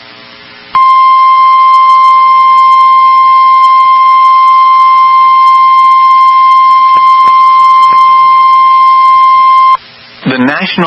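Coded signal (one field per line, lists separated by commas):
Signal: Emergency Alert System (SAME) tones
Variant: 1050 Hz attention tone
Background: speech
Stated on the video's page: Real Emergency Alert System alerts for an EF5 tornado in Enderlin, North Dakota.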